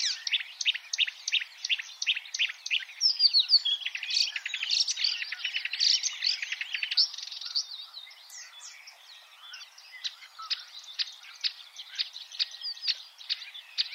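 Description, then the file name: Marsh warbler song, a fast run of sharp ticking notes mixed with buzzy trills and chattering phrases, continuous and varied, fading briefly midway then resuming with clipped notes. "suara-kicauan-burung-marsh-warbler omkicau"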